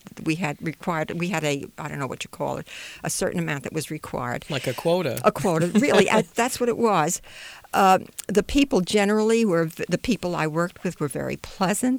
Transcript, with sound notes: We had required, we had a, I don't know what you call it, a certain amount that was required.
Like a quota. ( he laughs )
A quota. Really, that's what it was. The people, generally, the people I worked with were very pleasant.